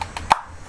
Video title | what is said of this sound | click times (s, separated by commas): HOW TO CHANGE ENGINE OIL ON BMW 520i 528i 520xi 528xi 2012 2013 2014 2015 2016 2017 | okay, until you hear that click. | 0.3 s